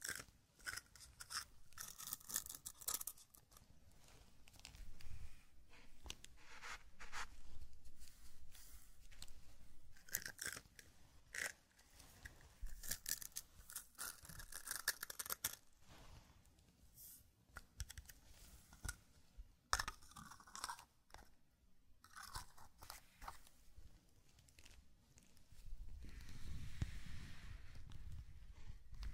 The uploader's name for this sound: Zen Garden - Sand Crinkle Brushing Tapping Cup Sounds